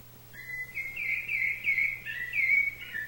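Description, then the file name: Thrush singing a short continuous warble of linked whistled notes, bending up and down, with a low hum in the background. "SABIA"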